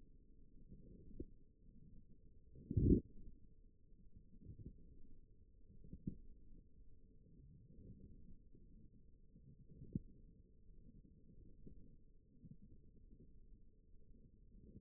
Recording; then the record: forearm muscle sounds (acoustic myography)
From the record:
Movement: wrist flexion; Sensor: system 1, eight BSWA MPA416 microphones around the upper forearm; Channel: 1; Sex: female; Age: 20 years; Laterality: right